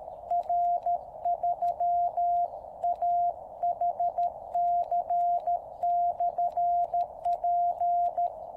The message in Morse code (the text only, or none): R3AHC/P